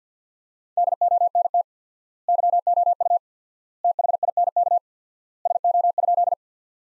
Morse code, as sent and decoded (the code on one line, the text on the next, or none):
-.. --- -. - / -.-- --- ..- / - .... .. -. -.- / ... --- ..--..
DONT YOU THINK SO?